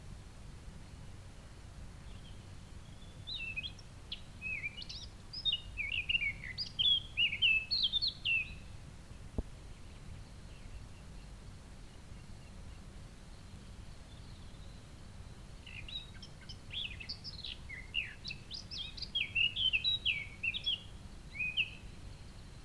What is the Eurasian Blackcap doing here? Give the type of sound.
song